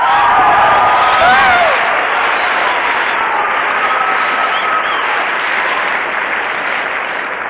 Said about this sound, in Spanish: También un aplauso muy, muy fuerte para sus esmeraldas, Bernardés, Pedro Hernández y Emerson Andrade.